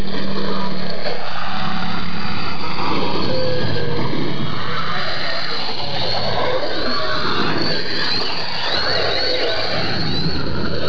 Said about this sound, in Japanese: バシャバシャという水の音が聞こえてきたのではないでしょうか。これはですねこの地域名物となっているちょっと変わった形をした船を漕ぐ音なんです。この地域サザエやワカメなどの水産物が豊富に取れるんですが入り組んだ地形の中でそういったものを取るためには小回りが効いてコンパクトなこの形が重宝されたんです。